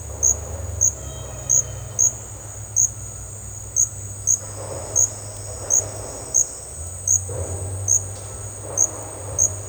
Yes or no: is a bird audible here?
no